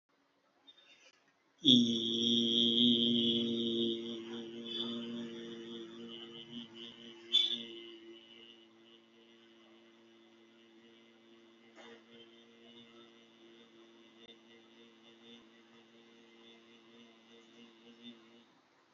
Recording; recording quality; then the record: sustained vowel as in beet; moderate, slight background noise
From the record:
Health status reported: healthy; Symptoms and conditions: none ticked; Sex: male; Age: 60 years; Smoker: not ticked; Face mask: not worn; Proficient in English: yes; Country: India